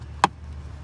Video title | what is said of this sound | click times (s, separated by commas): Changing Cabin Air Filter On 2005-2015 Toyota Tacoma | get two clicks and this i | 0.2 s